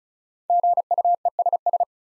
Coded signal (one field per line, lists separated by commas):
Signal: Morse code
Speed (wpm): 36 wpm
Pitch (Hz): 700 Hz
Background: none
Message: GUESS